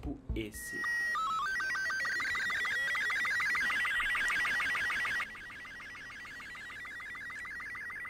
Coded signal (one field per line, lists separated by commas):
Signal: SSTV (slow-scan television)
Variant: Robot 36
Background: speech